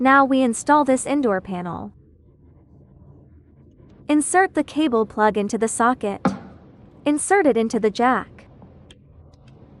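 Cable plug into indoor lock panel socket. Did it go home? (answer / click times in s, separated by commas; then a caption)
no / none. A cable plug is being pushed into the socket of the indoor panel of an NKLK510/530 smart lock while someone talks, followed by a few faint short handling taps near the end. Nothing has seated or clicked yet.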